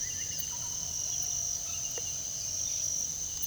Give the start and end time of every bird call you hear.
[0.44, 0.79] Russet-backed Oropendola
[2.17, 3.46] unidentified bird

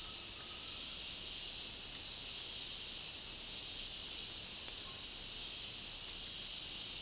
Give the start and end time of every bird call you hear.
[0.00, 1.07] Cinereous Tinamou

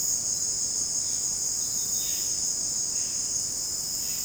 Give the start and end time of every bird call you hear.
[2.03, 2.34] Violaceous Jay

